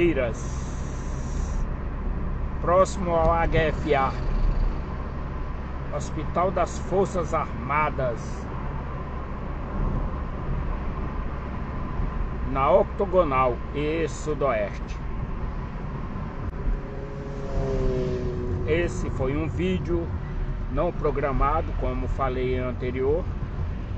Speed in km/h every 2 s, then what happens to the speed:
50, 51, 52, 52, 53, 47, 45, 44, 39, 23, 26, 33.
0-8 steady at about 52. 8-18 slows to 23. 18-24 speeds up to 33.